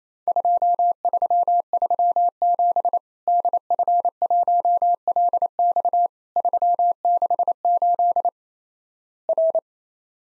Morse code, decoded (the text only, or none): 2337 DF1LX 368 R